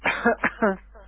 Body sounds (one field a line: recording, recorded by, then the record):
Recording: voluntary cough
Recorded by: telephone call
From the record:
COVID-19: positive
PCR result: checked with the laboratory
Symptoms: no